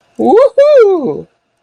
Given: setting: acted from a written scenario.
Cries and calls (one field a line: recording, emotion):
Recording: vocal sound without words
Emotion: triumph